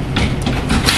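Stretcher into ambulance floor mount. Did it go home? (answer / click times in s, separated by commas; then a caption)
yes / 0.9 s. A Stryker stretcher is rolled into the ambulance so its wheels go into the head-bar floor mount. Earlier knocks near 0.2 s and 0.5 s are followed by a loud snap at 0.9 s as the stretcher locks into the mount, secured.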